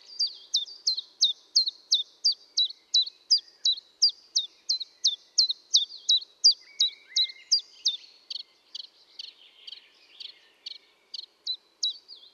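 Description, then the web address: Common chiffchaff singing a long, even series of clipped notes see-sawing between two pitches, roughly three a second, softening and becoming patchier toward the end. Recorded at Valsolda. "cibra valsolda. Lui piccolo"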